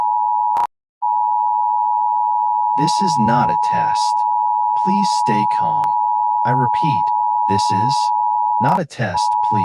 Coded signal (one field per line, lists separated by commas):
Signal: Emergency Alert System (SAME) tones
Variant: 853 and 960 Hz attention tone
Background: speech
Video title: My first EAS :3